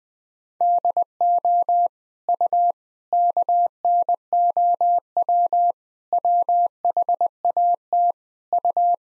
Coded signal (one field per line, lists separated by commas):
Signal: Morse code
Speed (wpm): 21 wpm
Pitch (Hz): 700 Hz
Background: none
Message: DO U KNOW WHAT U